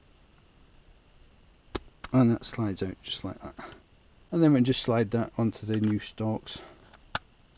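Someone talks while handling the wiper stalk from a faulty indicator stalk on a Peugeot 107, Aygo or C1. The stalk is slid off the old unit and lined up to slide onto the new steering column switch assembly, with two short sharp taps at about 1.8 s and 7.2 s. Nothing has clicked into place yet when the clip ends.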